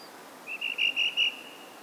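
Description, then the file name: Common blackbird giving a quick series of four or five short, even whistled notes over faint background hiss. "Turdus merula"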